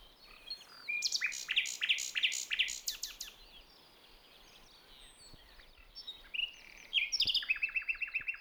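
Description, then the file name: Common nightingale song with rich varied phrases, a run of loud repeated notes, a quiet gap, then a rapid rattling trill at the end. "Luscinia megarhynchos"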